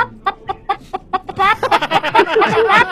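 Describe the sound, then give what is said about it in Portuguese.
A chicken named Lourdes clucks in a steady run of short, evenly spaced clucks, then breaks into a louder, busier burst of overlapping squawks and cackles. “Lourdes a galinha, boa.”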